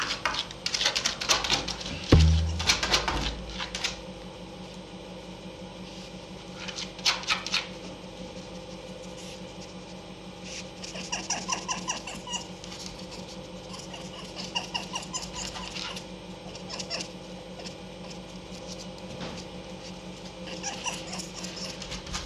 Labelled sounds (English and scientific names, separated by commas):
Red Fox (Vulpes vulpes)